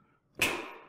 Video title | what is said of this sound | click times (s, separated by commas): Cambium PMP 450b Installation - Aircom Tanzania - Uganda - Dubai - India | the dish on a flat surface and press down on the bracket until it clicks into place | 0.4 s